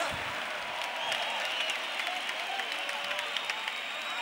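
An audience applauds steadily for three women performers, a dense wash of many hands clapping at a fairly even level with a few sharper individual claps standing out.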